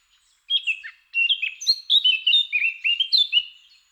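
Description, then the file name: Eurasian blackcap song: a quick run of warbled, chattering notes, then a longer tumbling phrase of bright, slurred whistles rising and falling. "Sylvia atricapilla"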